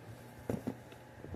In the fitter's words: You want to insert the tube inside the little hole and push till you hear a click.